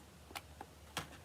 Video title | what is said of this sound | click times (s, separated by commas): Share a Recipe, Create a Card, & Inspire Others with Cards by Christine | it doesn't move and it kind of clicks into place. | 1.0 s